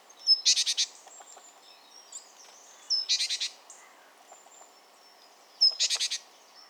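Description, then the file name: Great tit rattling calls: three short harsh chattering bursts roughly every two and a half seconds, each preceded by a thin whistle, with faint background twitters. "Parus major"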